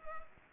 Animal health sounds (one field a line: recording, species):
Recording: mosquito wingbeat signal from an infrared sensor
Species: Culex pipiens